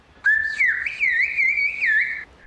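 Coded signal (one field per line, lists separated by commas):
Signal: whistled language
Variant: Turkish (Kuş dili)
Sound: a two-second loud whistle gliding up and down in pitch, like whistled speech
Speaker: Akşam misafirlerimiz var.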